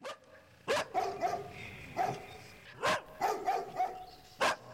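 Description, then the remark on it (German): Dogs barking from far off on a moonlit night, a scattered series of sharp, mid-pitched barks in irregular bursts, some yelping, with no talking. “Von weitem höre ich Hunde bellen.”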